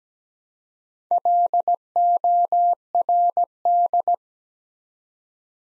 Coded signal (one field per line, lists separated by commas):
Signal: Morse code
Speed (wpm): 17 wpm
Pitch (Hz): 700 Hz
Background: none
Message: LORD